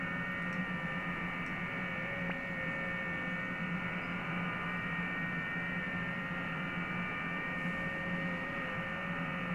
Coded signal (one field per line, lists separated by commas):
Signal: FT8